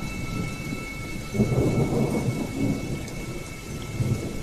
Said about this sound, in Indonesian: Setelah banyak gambar yang diambil, sekitar jam 2 siang hujan pun mulai turun.